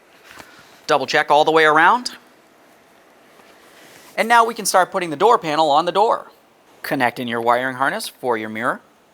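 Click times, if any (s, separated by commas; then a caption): none. Someone talks in three bursts over a quiet background, with a brief faint tick near 0.3 s, while the door panel goes onto the door of a 2012–2018 Nissan Altima during a window regulator replacement. The mirror's plastic wiring harness connector is handled toward its mating connector on the door panel, but nothing has seated or clicked yet.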